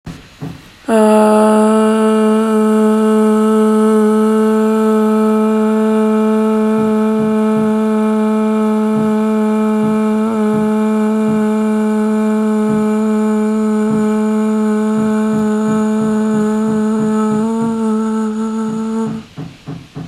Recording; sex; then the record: sustained vowel /a/; female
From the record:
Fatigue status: fatigue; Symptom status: symptomatic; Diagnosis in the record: COVID-19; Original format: m4a